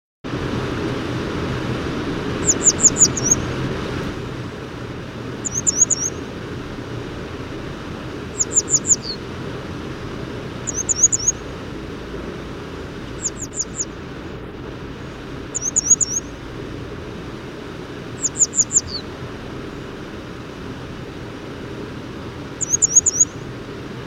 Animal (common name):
Grey Wagtail